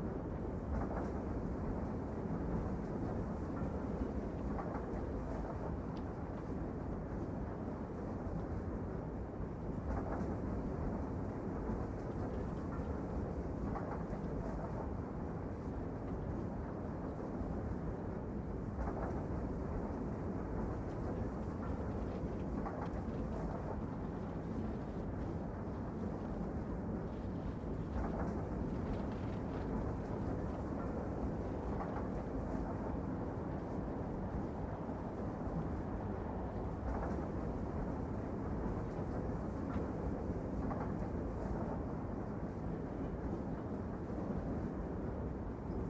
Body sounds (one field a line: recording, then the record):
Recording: background sound without coughing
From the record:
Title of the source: Train Ride Ambience ambient white noise for sleeping, focus, studying, reading